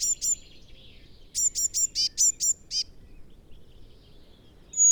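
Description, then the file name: Eurasian blue tit with two high notes, then a quick string of several sharp, high chirps. "Cyanistes caeruleus"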